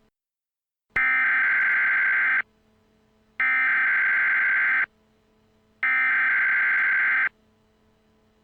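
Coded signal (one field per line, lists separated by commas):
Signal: Emergency Alert System (SAME) tones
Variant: header bursts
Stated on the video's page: Fictional EAS broadcasts recreated for crossover episodes, with text-to-speech voices.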